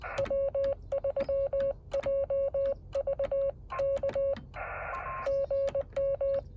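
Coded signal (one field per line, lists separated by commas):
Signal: Morse code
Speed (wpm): 20 wpm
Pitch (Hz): 550 Hz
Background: radio noise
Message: W3JVK GM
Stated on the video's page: Morse code POTA park activation attempt with a Yaesu 817.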